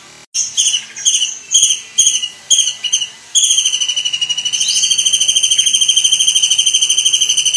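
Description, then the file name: Kingfisher: a series of short, sharp, high-pitched notes roughly every half second, then a long, fast, steady shrill trill. "suara burung tengkek udang"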